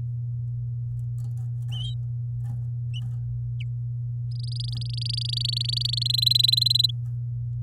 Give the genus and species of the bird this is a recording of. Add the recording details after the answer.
Serinus canaria. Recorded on 11 May 2018 at 08:18. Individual llb16